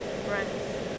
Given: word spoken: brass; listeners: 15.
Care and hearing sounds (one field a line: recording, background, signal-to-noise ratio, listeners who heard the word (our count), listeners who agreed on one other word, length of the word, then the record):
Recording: one English word in noise, from a listening test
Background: speech-shaped noise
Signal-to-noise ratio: -4.0 dB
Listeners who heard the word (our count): 1 of 15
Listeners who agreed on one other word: 6 of 15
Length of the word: 0.58 s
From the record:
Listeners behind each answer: 6, 2, 1, 1, 1, 1, 1, 1, 1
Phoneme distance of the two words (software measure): 10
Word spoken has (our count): 1 syllable, 4 phonemes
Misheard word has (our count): 1 syllable, 4 phonemes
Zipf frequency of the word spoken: 4.22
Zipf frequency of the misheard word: 4.58